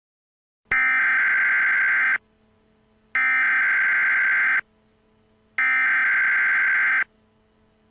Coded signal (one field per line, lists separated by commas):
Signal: Emergency Alert System (SAME) tones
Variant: header bursts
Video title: EAS Scenario: Sprunki